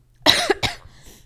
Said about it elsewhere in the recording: I'm 21. That sounded diseased. These coughs sound so bad.